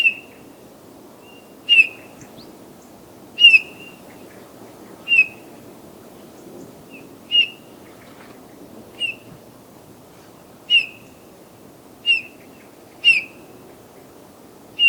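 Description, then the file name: Eurasian bullfinch calling with soft, plaintive whistled notes, several calls at irregular intervals against quiet low background noise. "Pyrrhula pyrrhula"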